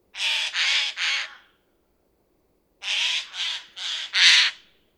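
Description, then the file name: Eurasian jay screeching: harsh, rasping shrieks, three in a row, then a pause and four more, the last loudest. "Garrulus glandarius"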